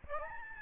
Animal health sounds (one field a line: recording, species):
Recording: mosquito wingbeat signal from an infrared sensor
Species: Aedes albopictus